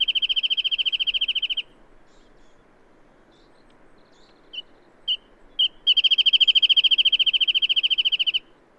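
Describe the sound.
Bird song: a fast trill of repeated notes, a pause with a few single chirps, then another long trill of about two and a half seconds.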